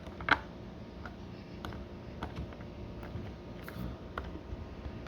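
A new plastic trunk switch assembly, part number 25380-1AA0A, for a 2009-2014 Nissan Murano is handled at its opening in the rear hatch trim bezel. Brief, sharp plastic ticks and taps sound at about 0.3, 1.7, 2.2, 3.7 and 4.2 seconds over a quiet, low background. Nothing has seated or snapped into place yet.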